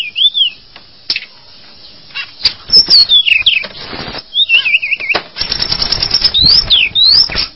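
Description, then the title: Java sparrow song with wavy whistled phrases and sparse clicks, quieter gaps, then a busier clicking passage with rising whistles near the end. "kicau gelatik"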